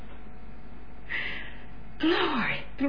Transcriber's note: another deep sigh